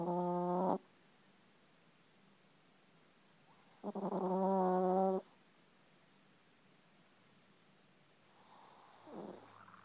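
Two loud, buzzy, tonal snores, one under a second and one over a second long, come about three seconds apart, followed by a softer, rougher breath near the end. This is recurring snoring from Mr Loui, a sleeping domestic cat.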